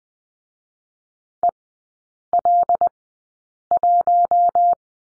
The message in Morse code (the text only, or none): EL1